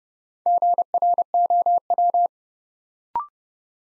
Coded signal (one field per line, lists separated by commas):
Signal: Morse code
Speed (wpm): 30 wpm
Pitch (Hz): 700 Hz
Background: none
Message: GROW